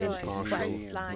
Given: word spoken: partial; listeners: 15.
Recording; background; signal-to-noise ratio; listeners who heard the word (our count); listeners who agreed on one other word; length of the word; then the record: one English word in noise, from a listening test; four-talker babble; -2.5 dB; 4 of 15; 9 of 15; 0.76 s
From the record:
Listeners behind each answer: 9, 4, 1, 1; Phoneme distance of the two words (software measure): 14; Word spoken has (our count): 2 syllables, 4 phonemes, stress on syllable 1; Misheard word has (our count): 3 syllables, 6 phonemes, stress on syllable 2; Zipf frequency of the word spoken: 3.60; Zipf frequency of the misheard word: 3.24